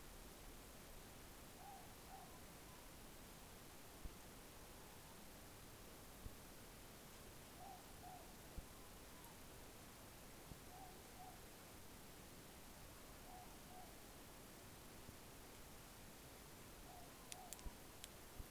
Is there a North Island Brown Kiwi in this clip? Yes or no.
no